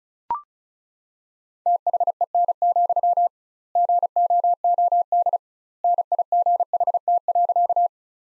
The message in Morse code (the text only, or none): THEN, GOOD NIGHT.